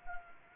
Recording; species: mosquito wingbeat signal from an infrared sensor; Anopheles gambiae